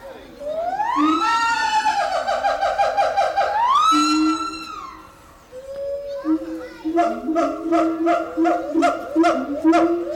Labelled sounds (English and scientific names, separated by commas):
Siamang (Symphalangus syndactylus) call